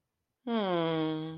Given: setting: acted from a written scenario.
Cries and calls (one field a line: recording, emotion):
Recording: vocal sound without words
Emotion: contentment